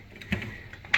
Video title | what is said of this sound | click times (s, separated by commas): They Said Nobody Fixes These Anymore… So I Did It Myself | Heard a click. | 0.9 s